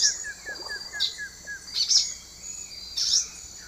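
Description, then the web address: Silver-beaked tanager slow song: a soft series of quick downslurred notes, with a few louder, harsh high notes, over a continuous high-pitched hum. Slow song; recorded in the eastern lowlands of South America. "Natures Songs S America Eastern Lowlands. Ramphocelus carbo, slow song"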